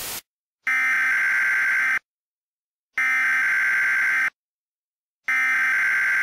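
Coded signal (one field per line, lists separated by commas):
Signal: Emergency Alert System (SAME) tones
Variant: header bursts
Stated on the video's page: Mock EAS alert, simulated, using Creative Commons 0 sounds.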